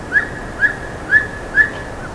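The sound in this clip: Bird calls, four crisp rising chirps spaced about half a second apart against a faint hiss.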